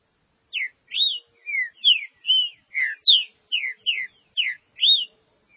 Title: Trinca Ferro